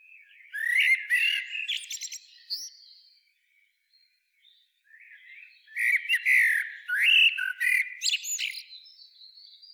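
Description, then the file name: Common blackbird singing two phrases of fluty warbled notes, each ending in squeaky high twittering, separated by a short pause. "Turdus merula"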